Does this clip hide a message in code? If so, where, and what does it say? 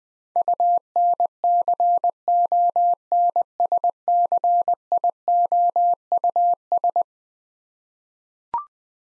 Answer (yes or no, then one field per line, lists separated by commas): yes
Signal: Morse code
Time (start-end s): 0.4-7.0 s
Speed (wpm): 21 wpm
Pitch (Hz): 700 Hz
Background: none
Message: UNCONSCIOUS